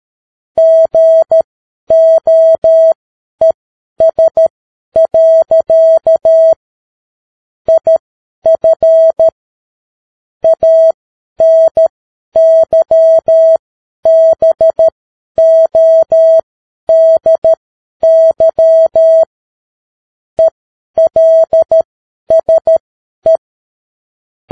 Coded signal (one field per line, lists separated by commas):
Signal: Morse code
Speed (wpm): 13 wpm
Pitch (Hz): 650 Hz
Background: none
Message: GOES. IF ANYBODY ELSE